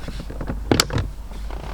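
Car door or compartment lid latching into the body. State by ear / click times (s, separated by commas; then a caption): seated / 0.8 s. A panel or lid inside a Jaguar XJS V12, likely a door, glovebox or flap, is swung shut against the car body with a creak. Its latch catches with a sharp click at 0.8 s. It is seated firmly, with a nice, well-put-together click.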